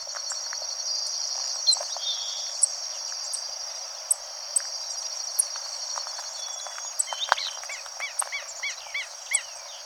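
Bird calls: faint high notes at first, then a quick run of short arched chirps near the end, over a constant high insect-like whine and sharp clicks.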